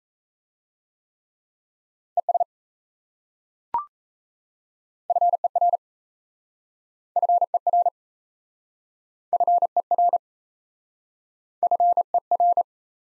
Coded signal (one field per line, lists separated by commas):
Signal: Morse code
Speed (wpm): 37 wpm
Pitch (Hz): 700 Hz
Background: none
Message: ES FER FER FER FER